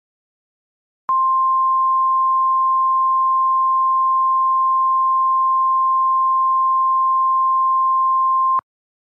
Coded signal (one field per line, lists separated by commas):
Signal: Emergency Alert System (SAME) tones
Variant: 1050 Hz attention tone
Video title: EAS Scenario #28 Invasion of The Ghost Types